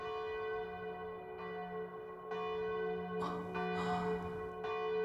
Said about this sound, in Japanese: 12時の鐘ですね。